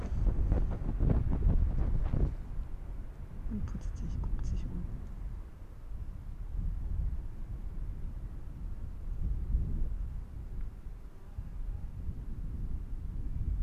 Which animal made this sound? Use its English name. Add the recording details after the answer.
Arctic Fox. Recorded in the wild. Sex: male. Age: adult. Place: Insel Mednyi, Kommandeur-Inseln, RU. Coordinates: 54.5167, 168.083. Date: 1999-08-23 20:02. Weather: 9°C, heiter. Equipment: Sony WM-D6C, Sennheiser ME 80, K 30 AV, Windkorb, Kopie Tascam DA 30. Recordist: Jakupi, Antje. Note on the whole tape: Südosten der Insel, Haupttal, Zacke 2: Bellstrophen von Rüden violett/grün 71. Tier liegt vor Zacke 0. Gleichzeitig läuft Fähe orange/orange ins Tal hinunter